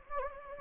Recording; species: mosquito wingbeat signal from an infrared sensor; Anopheles gambiae